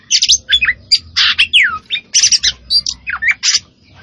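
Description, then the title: Oriental magpie-robin song of clipped whistles, scratchy buzzy bursts and one long descending slur, delivered in quick separated phrases. Singing vigorously and continuously (gacor). "Kacer Poci"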